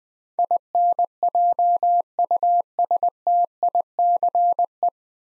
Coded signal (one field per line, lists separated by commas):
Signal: Morse code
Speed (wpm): 20 wpm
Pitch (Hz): 700 Hz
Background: none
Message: INJUSTICE